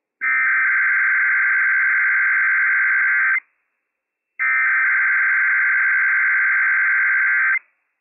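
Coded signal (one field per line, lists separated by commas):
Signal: Emergency Alert System (SAME) tones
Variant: header bursts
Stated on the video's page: Operational SAME tones of a Required Weekly Test from NOAA Weather Radio transmitter WWF56, issued by civil authorities for the Inland Northwest.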